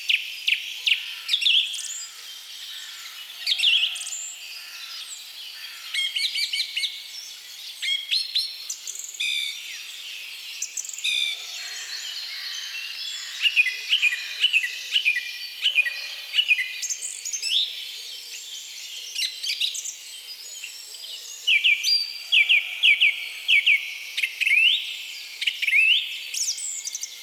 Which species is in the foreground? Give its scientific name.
Turdus philomelos